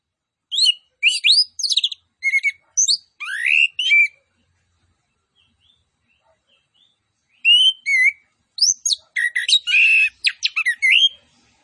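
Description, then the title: Orange-headed thrush song, rapid varied phrases of sharp chirps and sweeping whistles in two bursts separated by a few seconds of silence. Master recording of vigorous (gacor) singing with full fill-in phrases and 'tembakan cililin' style shots. "Anis Kembang Gacor. MASTERAN ANIS KEMBANG ISIAN FULL DENGAN TEMBAKAN CILILIN"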